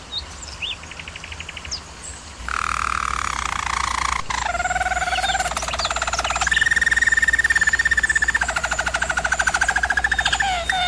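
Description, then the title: German Roller canary song opening with quiet pulsed notes, then loud rolling trills shifting pitch in several distinct sections. German Roller canary singing, for canary training. "German Roller Canary Singing - Canary Training Vid"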